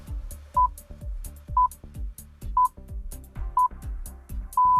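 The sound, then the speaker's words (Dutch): The BBC six-pip radio time signal counting down to the new hour: short, high, steady beeps exactly one second apart, ending on a longer final tone, sounding clearly over rhythmic background music. “Vanavond is het om 9:30 Britse tijd, oftewel 10:30 hier, precies 100 jaar geleden, dat bij de Britse omroep voor het eerst deze 6 iconische piepjes te horen waren.”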